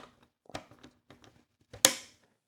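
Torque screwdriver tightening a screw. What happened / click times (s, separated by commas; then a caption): The driver's clutch clicked out at its set torque / 1.8 s. A torque screwdriver set to 15 inch-pounds drives the next screw in a diagonal pattern, with a few faint ratcheting ticks and scrapes along the way. It clicks out at the setting with a sharp, loud click at 1.9 s that rings briefly, confirming it reached torque.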